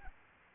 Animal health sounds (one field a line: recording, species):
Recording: mosquito wingbeat signal from an infrared sensor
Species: Aedes albopictus